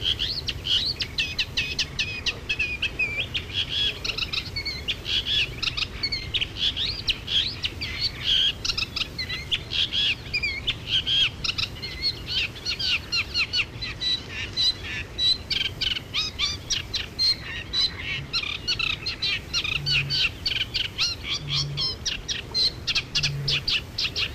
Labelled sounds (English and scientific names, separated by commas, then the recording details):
Eurasian Reed Warbler (Acrocephalus scirpaceus) song
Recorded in the wild
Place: Illmitz, AT
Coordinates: 47.7544, 16.7631
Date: 1964-05-19
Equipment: Uher Report 4000, AKG D190
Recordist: Krey, Winfried